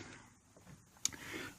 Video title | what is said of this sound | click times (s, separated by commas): It's time to wire up and get the interior LED lights and Dimmer working in the Boyertown Stepvan. | I have a little clicker that latches that thing so | 1.0 s